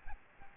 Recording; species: mosquito wingbeat signal from an infrared sensor; Aedes albopictus